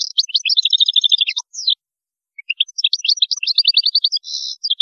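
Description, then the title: European goldfinch song, a rapid liquid twitter of tinkling notes and buzzy trills, broken by a brief gap before the chattering resumes. "Chant Chardonneret"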